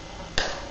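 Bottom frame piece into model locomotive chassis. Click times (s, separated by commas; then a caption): 0.4 s. The bottom frame piece of a model railway locomotive, refitted after a motor change, is pressed into the locomotive chassis against a steady low background hiss. A single sharp, bright click sounds at 0.4 s and then fades quickly. The frame piece snaps and seats into place.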